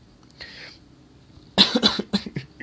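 After a quiet breath, an adult man gives a quick fit of about five harsh coughs in a small room.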